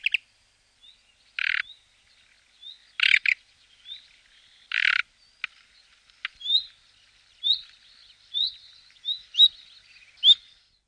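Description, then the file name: Common nightingale song: varied phrases of rich whistles, sharp high notes and brief buzzy bursts, separated by short pauses, with clear upslurred whistles repeated toward the end. "nachtigall"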